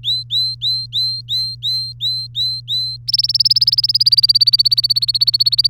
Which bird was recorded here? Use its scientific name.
Serinus canaria